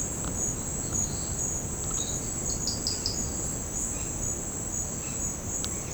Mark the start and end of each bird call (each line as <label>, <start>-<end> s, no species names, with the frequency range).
bird call (3.7-5.9 kHz), 2.47-3.19 s